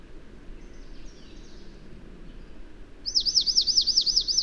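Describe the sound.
Bird song: after faint background hiss, a bright, rapid series of high, up-and-down slurred whistles repeats steadily for the final second and a half.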